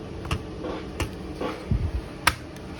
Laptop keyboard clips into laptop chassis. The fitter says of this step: sampai semuanya udah ngunci.